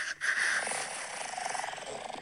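A sleeping adult woman snoring at night, with a blocked nose during pregnancy; the snore is loud and rumbling like a tractor.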